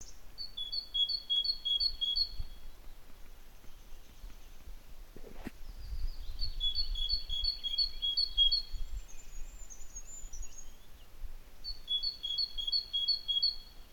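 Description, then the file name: Great tit song: three separate bursts of quick repeated two-note phrases, with a sharp click between the first two bursts. "Parus major"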